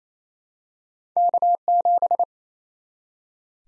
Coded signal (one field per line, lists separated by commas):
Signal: Morse code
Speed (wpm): 28 wpm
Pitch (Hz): 700 Hz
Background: none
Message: K7